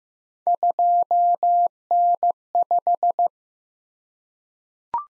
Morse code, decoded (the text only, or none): 2N5